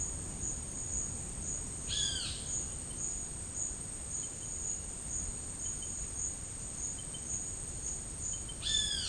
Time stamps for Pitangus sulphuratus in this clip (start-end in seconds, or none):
1.83-2.41